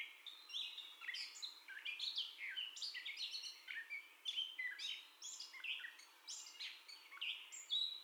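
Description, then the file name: Gray catbird singing a rambling run of mewing, slurred and squeaky phrases, delivered rapidly. First song, 30 May 2021. "2021-05-30 Catbird First Song"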